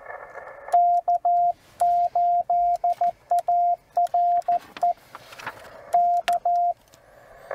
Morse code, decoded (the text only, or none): K8ARE K